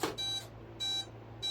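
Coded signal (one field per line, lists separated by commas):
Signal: beep code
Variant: brushless motor ESC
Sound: a click, then three short, evenly spaced buzzy beeps from a motor controller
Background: small room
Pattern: 3 short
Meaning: The speed controller detected a 3-cell battery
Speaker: Okay? Now lower it all the way down.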